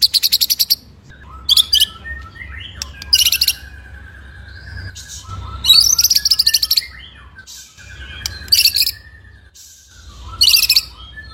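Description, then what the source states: White-rumped shama song in bursts: rapid buzzy trills high up alternating with lower whistled phrases, with short pauses between bursts. Masteran, a training song played for songbirds to learn; full rolling song with shooting phrases.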